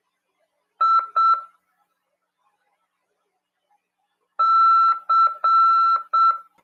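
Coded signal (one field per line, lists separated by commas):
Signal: Morse code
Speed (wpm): 7 wpm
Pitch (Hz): 1340 Hz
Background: none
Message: IC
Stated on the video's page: Amateur radio class on CW, heard over FM at 146.410 MHz.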